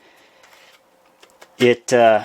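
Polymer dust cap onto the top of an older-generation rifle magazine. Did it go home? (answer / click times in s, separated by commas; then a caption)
no / none. A Gen 3 polymer dust cap is pressed onto the top of Gen 2 and Gen 1 polymer rifle magazines, giving a few faint, short taps around 1.2 to 1.4 seconds before someone talks. The cap does not snap on because the teeth at the bottom of the cap don't latch, so nothing has seated or clicked yet.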